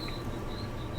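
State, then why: Not seated. During 1911 reassembly, the thumb safety is wiggled into the pistol frame while a small tool holds the plunger out of the way. Only faint, steady handling noise is heard, with no distinct click. Nothing has seated or clicked yet.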